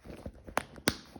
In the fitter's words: Tchac, on entend le petit clic.